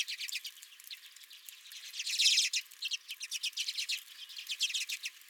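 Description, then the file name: Redpolls giving quick high chip notes and rattling trills, with a brighter louder burst near the middle, several birds overlapping. Several redpolls at the recordist's own bird feeder. "Redpolls at My Feeder"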